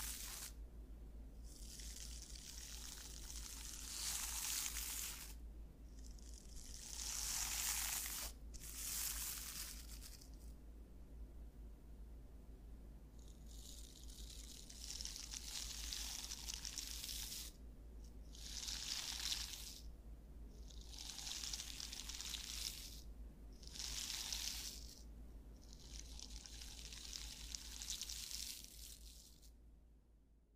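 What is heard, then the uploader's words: A scalp massage comes through as repeated bursts of bright, rushing hiss that sound like running water, each lasting one to three seconds with brief quiet gaps between. A steady low hum sits underneath throughout, and the sound fades away at the very end. ASMR Scalp Massage of Your Dreams.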